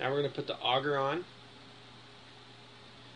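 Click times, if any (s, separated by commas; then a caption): none. Someone talks for about the first 1.2 seconds while a plastic auger is handled and lined up with the keyed front axle of the cooling cylinder on a Bunn slush/frozen drink machine, followed by a low steady hum. The auger has not yet been pushed on or locked into place, and nothing has clicked.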